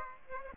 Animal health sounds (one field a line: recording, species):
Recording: mosquito wingbeat signal from an infrared sensor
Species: Aedes aegypti